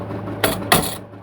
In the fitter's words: that snaps into place.